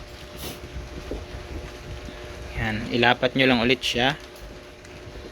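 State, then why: Not seated. A plastic smart key housing half for a Yamaha Sniper 155R, opened to replace the battery, is lined up on the other housing half using its guide so it cannot go on reversed, ready to be laid back on and pressed home. Someone talks over a low background hiss, with a brief faint tick at 4.9 s. Nothing has seated or clicked yet.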